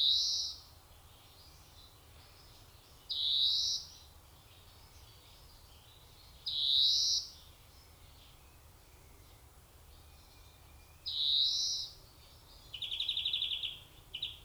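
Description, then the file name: European greenfinch gives nasal wheezes roughly every three to five seconds, ending with a fast twittering trill; steady low background noise throughout. "Chloris chloris"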